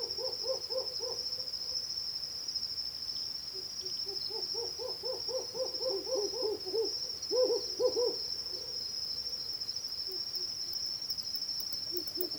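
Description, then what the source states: Hume's owl giving quick pulsed hoot series, runs overlapping in places, against a continuous high insect trill. Pulsed hooting and compound hooting given during a territorial confrontation between two males.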